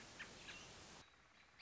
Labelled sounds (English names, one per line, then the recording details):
American Robin
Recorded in Sonoma County, California